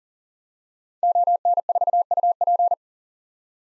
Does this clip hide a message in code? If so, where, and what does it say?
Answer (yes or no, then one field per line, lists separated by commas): yes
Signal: Morse code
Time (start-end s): 1.0-2.7 s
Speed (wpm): 38 wpm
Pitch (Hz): 700 Hz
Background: none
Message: ON4UP